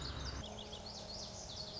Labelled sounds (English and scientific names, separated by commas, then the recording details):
Lazuli Bunting (Passerina amoena)
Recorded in Sonoma County, California